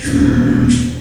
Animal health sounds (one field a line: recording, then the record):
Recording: squeal of a Yucatan mini pig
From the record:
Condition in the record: after surgery on the right vocal fold (resection and tissue-engineered implant)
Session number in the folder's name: 9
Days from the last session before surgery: 65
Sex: female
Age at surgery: 19 weeks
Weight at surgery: 25 kg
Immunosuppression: prednisolone